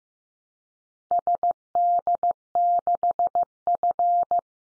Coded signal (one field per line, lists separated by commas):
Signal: Morse code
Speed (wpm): 15 wpm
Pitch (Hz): 700 Hz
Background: none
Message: SD6F